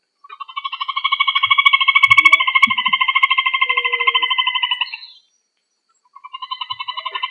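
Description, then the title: Rail giving a long pulsed, nasal call of rapid repeated notes lasting about five seconds, then starting again after a pause. "Familia Rallidae"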